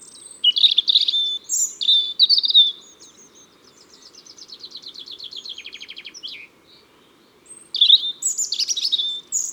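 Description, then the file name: European robin song: high, liquid warbled phrases with thin whistles and fast trilled runs, separated by short pauses. Ardèche, France. "Rougegorge Familier Concerts Naturels De l'Ardeche"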